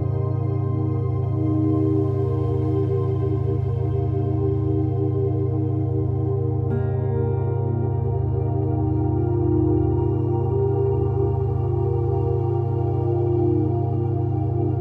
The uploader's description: beta state binaural beats sound